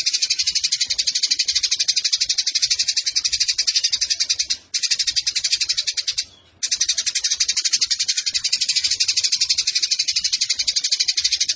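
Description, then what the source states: Eurasian tree sparrow song: sustained rapid-fire buzzy chattering at high pitch, interrupted by two short pauses. Used for bird song competitions; local song style 'tarung nembak panjang' (fighting, long shooting bursts); clear voice; master recording for training competition birds.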